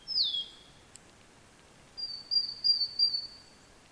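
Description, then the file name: Great tit call: a short high note sliding downward, then after a pause a long, thin, level whistle held for over a second, on quiet background noise. "Parus major"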